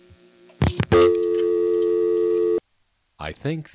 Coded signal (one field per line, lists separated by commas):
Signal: telephone call progress tone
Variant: North America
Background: speech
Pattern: dial tone